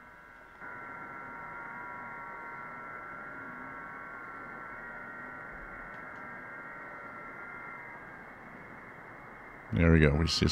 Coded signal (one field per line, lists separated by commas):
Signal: FT8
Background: speech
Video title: What is this signal? it is FT8 Amateur radio digital mode